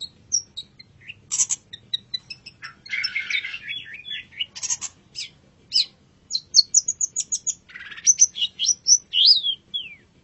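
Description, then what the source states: Long-tailed shrike song, varied and restless, mixing harsh rasping bursts with quick high whistles and thin, falling slurred notes. Long-tailed shrike song, described as a champion singing bird.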